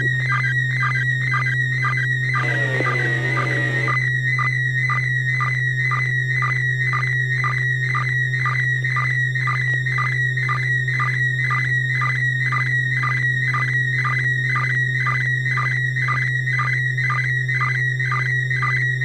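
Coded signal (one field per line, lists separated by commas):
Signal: SSTV (slow-scan television)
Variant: PD120 mode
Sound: warbling high tone with rhythmic ticking pulses about twice a second, steady low hum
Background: steady low hum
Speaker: we'll start out with our first image of the evening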